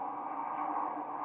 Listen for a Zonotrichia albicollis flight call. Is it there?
no